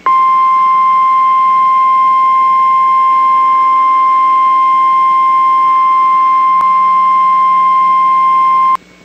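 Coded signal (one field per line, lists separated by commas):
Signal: Emergency Alert System (SAME) tones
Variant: 1050 Hz attention tone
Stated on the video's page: NOAA Weather Radio required weekly test from station at Sister Bay.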